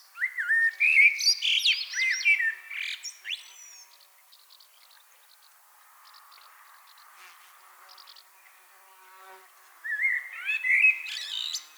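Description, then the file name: Common blackbird song: a long phrase of flutey whistles and shrill, chattering twitters, a quiet stretch with faint background calls, then another warbled phrase. "Turdus merula"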